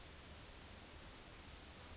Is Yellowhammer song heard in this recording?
no